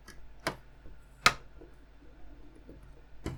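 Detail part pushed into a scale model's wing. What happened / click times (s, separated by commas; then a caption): The small plastic part snapped fully home / 0.5 s, 1.3 s. A detail part is pushed into the wing of a scale X-Wing model, giving two sharp clicks at 0.5 s and 1.3 s. The second click is the loudest, and the part is then fully seated. Fainter ticks sound near the start and end.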